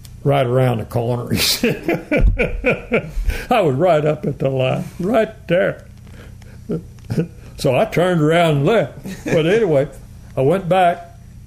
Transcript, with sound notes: “Right around the corner,” he said. [Laughing] I was right up at the line, right there. So, I turned around and left, but anyway, I went back